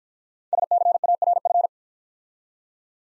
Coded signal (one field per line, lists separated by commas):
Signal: Morse code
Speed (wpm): 51 wpm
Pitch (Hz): 700 Hz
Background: none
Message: SCARF